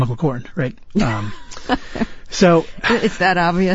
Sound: laughter